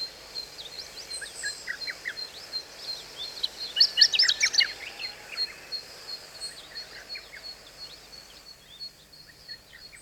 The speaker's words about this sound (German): Auch ein langer Tag reicht nicht aus zum Zwitschern. Ach, diese Lärchen.